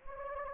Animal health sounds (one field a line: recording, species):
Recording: mosquito wingbeat signal from an infrared sensor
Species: Anopheles gambiae